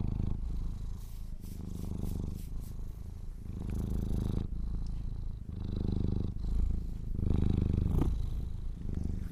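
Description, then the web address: Domestic cat purr, a low rumble swelling in waves, with faint rustling. Kittens purring. "sleepandrelaxasmr - The Purring Kittens"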